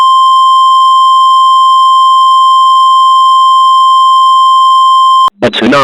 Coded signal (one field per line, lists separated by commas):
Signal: Emergency Alert System (SAME) tones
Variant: 853 and 960 Hz attention tone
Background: speech